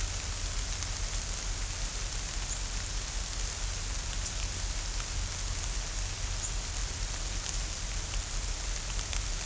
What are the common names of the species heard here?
none